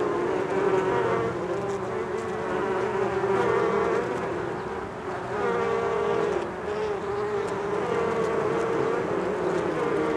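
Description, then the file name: Bees buzzing steadily, a dense drone of overlapping wings with occasional brighter tones sliding in and out of the hum. "benboncan bees"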